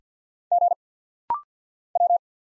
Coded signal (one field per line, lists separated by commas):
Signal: Morse code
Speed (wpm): 50 wpm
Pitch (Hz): 700 Hz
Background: none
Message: G W